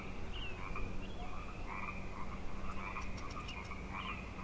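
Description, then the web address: Chorus of frogs giving rolling croaks, joined later by a run of quick high ticking clicks. Frog chorus on Grafton Lake, 3 May 2009. "The Frog Chorus Tunes Up On Grafton Lake"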